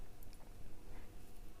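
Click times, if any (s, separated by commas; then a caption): none. The two halves of a strong magnetic jewellery clasp on a necklace or bracelet are handled and brought toward each other, with faint handling ticks near 0.2 and 0.3 seconds over a low background hum. Nothing has seated or snapped shut yet.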